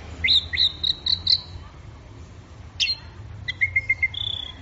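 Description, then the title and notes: Orange-headed thrush giving a short burst of high chirping notes, a pause, then a sharp whistle and a quick series of even, piping notes. Bird in gacor (full, vigorous) song. "Anis Merah Gacor Teler. Kumpulan Suara Burung Anis"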